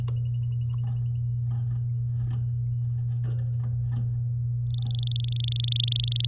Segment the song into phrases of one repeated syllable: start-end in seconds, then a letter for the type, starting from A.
4.71-6.27 A